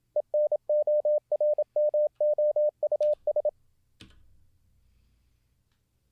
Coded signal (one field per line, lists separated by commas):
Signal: Morse code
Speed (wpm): 27 wpm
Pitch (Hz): 600 Hz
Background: none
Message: ENORMOUS